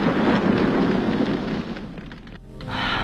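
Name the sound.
car exploding in midair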